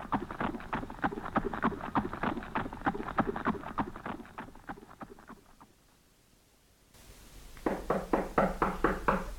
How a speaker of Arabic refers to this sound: سأرى من يدق الباب الآن، لعله دهمان.